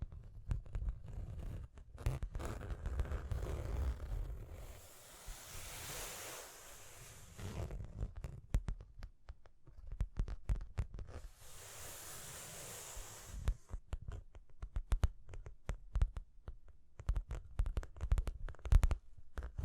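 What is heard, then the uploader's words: Tapping and scratching, with many sharp clicks and taps scattered throughout and a dull low rumble underneath. Two longer bright scratching passes stand out, one from about 5 to 7.5 seconds and another from about 11 to 13.5 seconds. Tapping and Scratching (No Talking).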